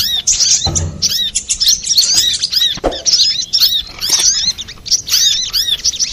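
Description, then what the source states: Little spiderhunter song of fast, thin, looping chips and squeaks, with a couple of soft low knocks. Master recording for training cage birds.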